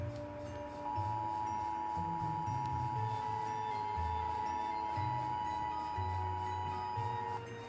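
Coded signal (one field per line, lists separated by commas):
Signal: Emergency Alert System (SAME) tones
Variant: 853 and 960 Hz attention tone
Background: music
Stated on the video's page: Analog-horror fictional EAS-style alert, simulated.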